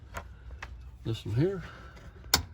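A plastic quick-connect fitting on the fuel line is pushed onto the fuel pump module outlet of a 2009 Nissan Altima during a fuel pump replacement. Someone talks, and a couple of faint ticks come before a sharp click at 2.3 s as the connector seats on.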